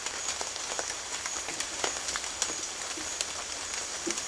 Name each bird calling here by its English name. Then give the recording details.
none. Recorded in dense forest near Puerto Asís, Putumayo, Colombia, on 18 February 2024 at 13:30. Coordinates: 0.502, -76.326. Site G6460